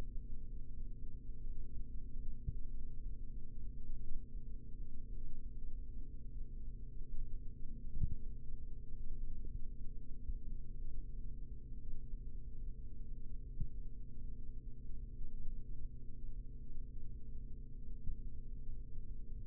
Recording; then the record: forearm muscle sounds (acoustic myography)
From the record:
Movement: rest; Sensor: system 3, bracelet of six PUI Audio POM-2738L microphones around the upper forearm, with dedicated amplification and filtering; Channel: 2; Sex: male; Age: 43 years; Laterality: right